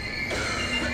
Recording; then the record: coughing mixed with background sound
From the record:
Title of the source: female coughing - coughing sound effects girl